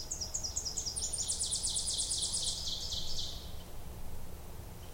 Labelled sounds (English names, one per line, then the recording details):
Ovenbird song
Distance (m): 35 m
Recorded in boreal forest in Alberta, Canada, on 26 May 2016 at 08:06
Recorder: SongMeter 3, array SBT-3-15
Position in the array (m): 40 m, 230 m
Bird 20